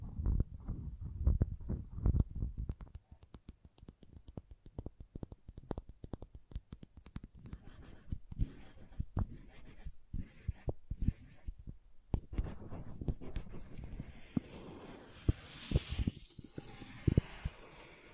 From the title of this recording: Crayons Tapping, Carving, Cutting, Drawing Sounds